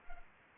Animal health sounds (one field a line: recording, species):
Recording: mosquito wingbeat signal from an infrared sensor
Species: Culex pipiens